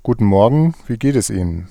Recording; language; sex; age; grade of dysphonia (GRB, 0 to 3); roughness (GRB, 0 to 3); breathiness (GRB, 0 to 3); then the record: spoken sentence; German; male; 30 to 39 years; 1; 1; 1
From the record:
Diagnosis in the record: healthy voice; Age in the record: 31 years